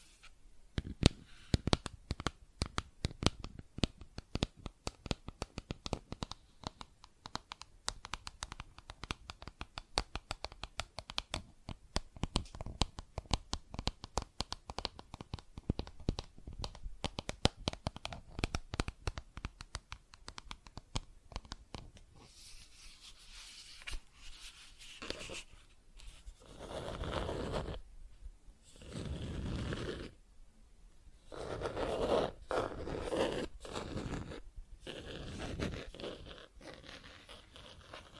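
Plastic objects are tapped and scratched, first in a dense, rapid run of sharp clicks and ticks for about twenty seconds. After that the sound changes to slower, longer scraping strokes and rubbing swells, with a few scattered taps between them.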